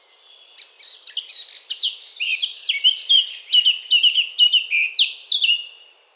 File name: Sylvia atricapilla